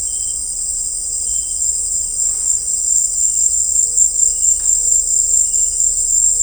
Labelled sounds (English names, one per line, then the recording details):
none
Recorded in dense forest near Puerto Asís, Putumayo, Colombia, on 21 December 2024 at 18:00
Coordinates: 0.500, -76.322
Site G053